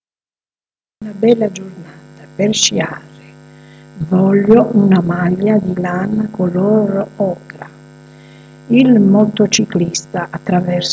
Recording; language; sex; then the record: read phrases; Italian; female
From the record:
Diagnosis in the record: healthy control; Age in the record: 62 years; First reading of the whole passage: 101 s, 4.7 characters per second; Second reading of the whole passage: 77 s, 5.9 characters per second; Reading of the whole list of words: 66 s, 3.9 characters per second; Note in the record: marked for poor recording quality or reading difficulty